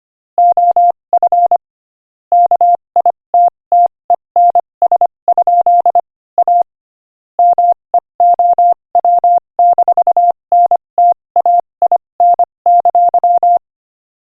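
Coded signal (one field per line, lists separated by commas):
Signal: Morse code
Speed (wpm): 26 wpm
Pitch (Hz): 700 Hz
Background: none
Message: OF KITTENS? A MEOW-NTAIN!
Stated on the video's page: Morse practice clip at 25 wpm.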